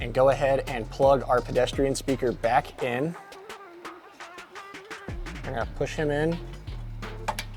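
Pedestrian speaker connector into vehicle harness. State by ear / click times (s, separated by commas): seated / 7.3 s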